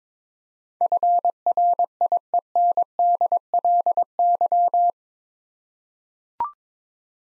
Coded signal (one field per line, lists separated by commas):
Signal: Morse code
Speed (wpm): 22 wpm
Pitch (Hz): 700 Hz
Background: none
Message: FRIENDLY